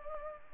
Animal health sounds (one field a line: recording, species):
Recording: mosquito wingbeat signal from an infrared sensor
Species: Culex pipiens